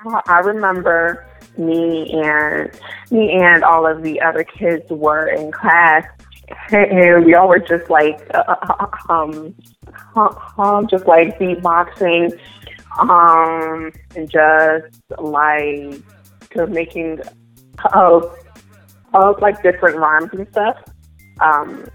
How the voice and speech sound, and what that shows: We hear from a young woman with a stutter. The catch? She can rap and sing with no hint of her stutter.